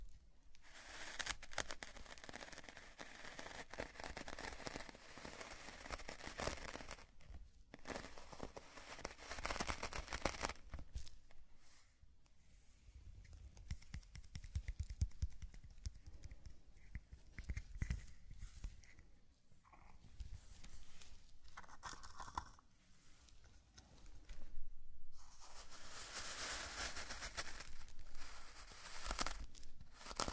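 Sand brushing and crinkling in a zen garden, a dense, scratchy rustle that comes in uneven bursts across the whole clip. Short gaps break it up near 7, 11, 20 and 25 seconds. A faint low tapping sits underneath, and the hiss brightens toward the end.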